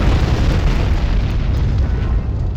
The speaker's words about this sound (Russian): Исчезает в столпе взвившегося зеленого пламени.